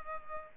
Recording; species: mosquito wingbeat signal from an infrared sensor; Culex pipiens